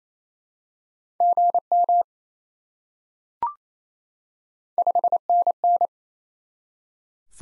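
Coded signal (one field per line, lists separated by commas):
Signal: Morse code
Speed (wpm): 28 wpm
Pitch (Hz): 700 Hz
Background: none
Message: GM 5NN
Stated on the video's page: Morse code drill of top 20 QSO elements at 28 wpm for head-copy.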